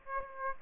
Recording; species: mosquito wingbeat signal from an infrared sensor; Aedes aegypti